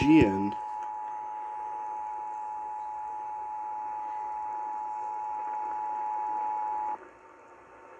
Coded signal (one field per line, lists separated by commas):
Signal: Emergency Alert System (SAME) tones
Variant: 853 and 960 Hz attention tone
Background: speech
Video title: August Has Arrived | EAS Tests From 8/3/2021 (EAS #827-836)